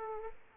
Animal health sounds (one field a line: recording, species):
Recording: mosquito wingbeat signal from an infrared sensor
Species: Aedes aegypti